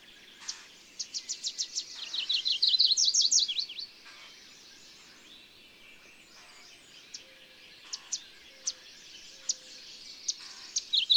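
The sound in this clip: Bird song: quick high chirps build into a fast rippling trill lasting about two seconds, then spaced single chirps continue.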